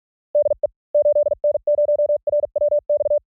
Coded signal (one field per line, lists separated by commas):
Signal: Morse code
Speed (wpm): 46 wpm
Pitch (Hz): 590 Hz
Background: none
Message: DE 8N0RWX